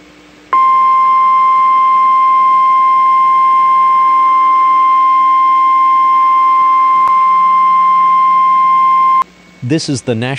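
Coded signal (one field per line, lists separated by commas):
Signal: Emergency Alert System (SAME) tones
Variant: 1050 Hz attention tone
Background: speech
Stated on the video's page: NOAA weather radio required weekly test from the Wausau transmitter.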